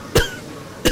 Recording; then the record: coughing mixed with background sound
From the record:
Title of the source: Coughing 51